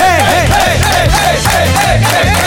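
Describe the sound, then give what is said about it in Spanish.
An audience claps steadily while voices shout "hey" together on a count of three in a loud, repeated rhythmic chant that fills the whole stretch, as a ritual. “Ustedes tienen que aplaudir. Nada más. Y decir tres letras.”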